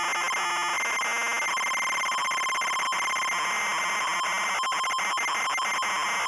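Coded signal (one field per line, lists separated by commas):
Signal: ZX Spectrum tape loading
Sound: harsh buzzing screech of tape data, rapidly alternating pitched tones with noisy bursts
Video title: Rainbow Beer Megademo Tape Loading Example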